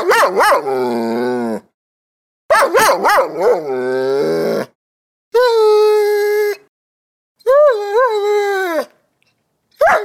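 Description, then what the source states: Dog whimpering: long, high-pitched whines, the first two opening with short yelping barks, in several bursts separated by brief silences. Dog whimpering and barking.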